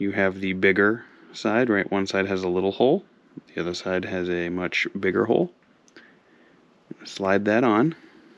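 Someone talks while handling a plastic universal-joint driveshaft, lining its bigger-hole side up to slide onto the transmission output shaft of a TRX4M RC crawler. Faint handling taps are heard near 5.9 s and 6.9 s. The clip ends just before the part goes home, and nothing has seated or clicked yet.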